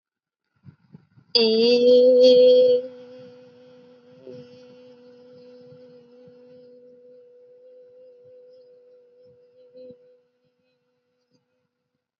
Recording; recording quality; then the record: sustained vowel as in made; excellent, no background noise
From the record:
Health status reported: healthy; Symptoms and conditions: none ticked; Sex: female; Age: 25 years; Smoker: not ticked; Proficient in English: yes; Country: India